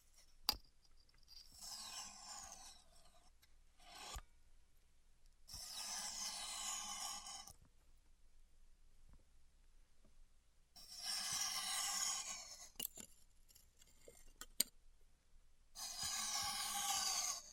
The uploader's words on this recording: ASMR Styrofoam Heat Cutting (No Talking).